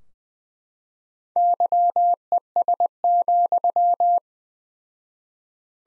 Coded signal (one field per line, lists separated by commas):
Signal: Morse code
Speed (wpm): 20 wpm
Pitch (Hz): 700 Hz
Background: none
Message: YES,